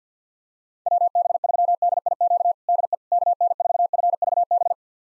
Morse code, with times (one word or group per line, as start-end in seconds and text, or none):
0.9-2.5 WB3DIQ
2.7-3.0 DE
3.1-4.7 KN4FVB